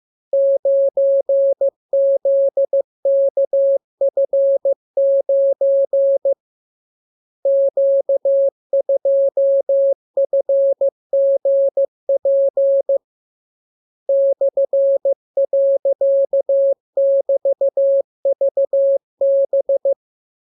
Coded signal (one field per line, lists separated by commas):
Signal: Morse code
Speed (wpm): 15 wpm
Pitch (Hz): 550 Hz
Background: none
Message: 9ZKF9 Q2FGP /.<BT>VB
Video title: Learning Morse Code. Lesson 33. Letter KMURESNAPTLWI.JZ=FOY,VG5/Q92H38B?4